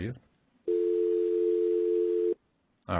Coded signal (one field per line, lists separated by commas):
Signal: telephone call progress tone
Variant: North America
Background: speech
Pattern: dial tone